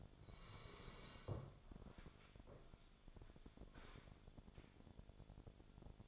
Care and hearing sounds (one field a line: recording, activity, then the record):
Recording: daily activity, microphone in the room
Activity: sit down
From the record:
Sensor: 5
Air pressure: 1000.6 hPa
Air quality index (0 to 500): 142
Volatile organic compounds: 2 ppm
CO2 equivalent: 1096 ppm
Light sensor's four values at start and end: 47/109/45/48 and 47/109/45/48